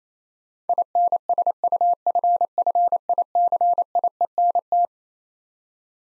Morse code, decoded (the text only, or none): INSUFFICIENT